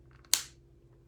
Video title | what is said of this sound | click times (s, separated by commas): Stylish Sketches with Rings of Love Card - Stampin' Up!® | okay you want to hear that click so then you know that they are um | 0.3 s